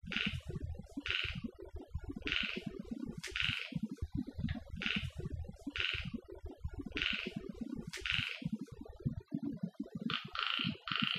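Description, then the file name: Frog calls as short bright pulses in a series, some doubled, over a low crackling background. Recorded on Okinawa. "Mikhail Iliatov - Okinawa Frogs"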